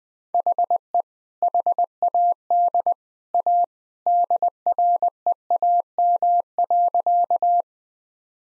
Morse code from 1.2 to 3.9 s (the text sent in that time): HAD A